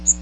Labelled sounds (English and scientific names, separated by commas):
Magnolia Warbler (Setophaga magnolia) flight call